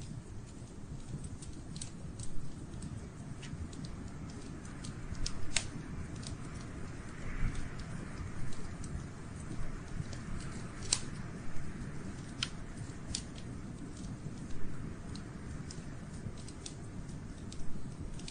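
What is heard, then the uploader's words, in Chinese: A fire burns, its crackle made of frequent sharp pops and snaps scattered irregularly throughout, a few louder ones near two, five and eleven seconds. Beneath them runs a dense, steady low rumble that never lets up. 下雨天的烤火声。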